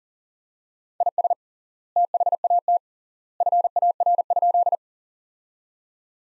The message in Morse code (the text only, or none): IS THAT FAR?